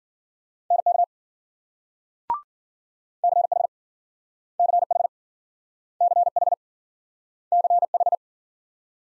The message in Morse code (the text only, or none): NK CH CH CH CH